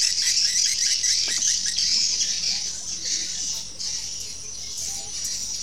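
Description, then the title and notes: Swiftlet twittering, a dense, shrill wash of high chirps with rapid pulses early. Used for swiftlet farming in Asia. "Swiflet Bird Sound. Farming Swiflet Bird asia sound"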